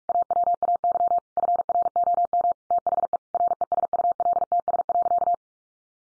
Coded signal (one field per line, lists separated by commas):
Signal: Morse code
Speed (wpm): 46 wpm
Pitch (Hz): 700 Hz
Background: none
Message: AWAY FROM THE RESULTS.